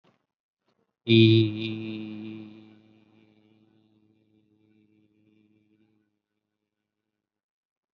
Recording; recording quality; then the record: sustained vowel as in beet; excellent, no background noise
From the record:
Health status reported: COVID-19 positive, mild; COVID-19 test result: positive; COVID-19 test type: RT-PCR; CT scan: taken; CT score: 5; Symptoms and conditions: cough, hypertension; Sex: male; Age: 38 years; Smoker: no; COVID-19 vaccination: none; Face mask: not worn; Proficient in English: yes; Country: India